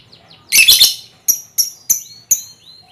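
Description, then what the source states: Lovebird calls: a brief burst of harsh, grating chatter followed by four sharp, high squeaky notes spaced about a third of a second apart, with faint chirps behind. Lovebird ngekek song, used as a lure song (kicau pancingan).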